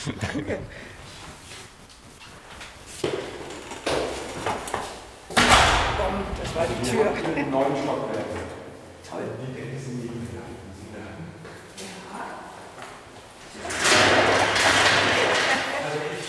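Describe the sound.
A heavy archive door at the Akademie der Künste archive storage area swings shut with one loud, booming thud that rumbles on briefly, while people talk quietly before and after.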